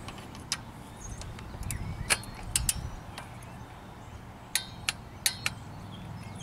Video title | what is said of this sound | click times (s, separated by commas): Got that top-end Rocker Arm tick in a Jeep?! Change out rocker arm, pivots, and pushrods in that 4.0 | you get nice even pull you can hear it click a little bit you know you're there now | 2.6 s, 2.7 s, 4.5 s, 4.9 s, 5.3 s